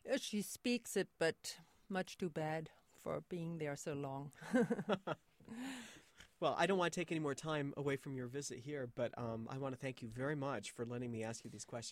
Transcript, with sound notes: She speaks it but much too bad for being there so long. (laughter)
Well I don't want to take any more time away from your visit here but I want to thank you very much for letting me ask you these questions.